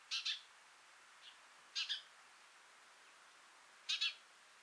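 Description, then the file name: House sparrow calls: three bright, doubled chirps and one fainter note over about five seconds. "Passer domesticus"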